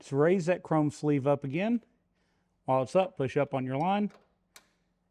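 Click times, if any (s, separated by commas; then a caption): 4.6 s. Someone talks while a fuel line's chrome sleeve is raised and the line is pushed up onto the motorcycle fuel tank fitting, a 2023.5+ CVO Road Glide. A short, sharp click at 4.6 s marks the quick-connect locking into place, and the fuel line is seated.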